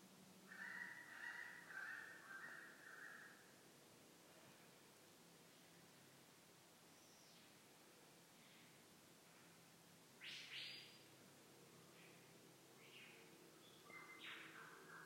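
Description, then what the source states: Lyrebird song: a short run of flat whistled notes at the start, then a long quiet stretch broken by a few brief bursts. Recorded 25 April 2021.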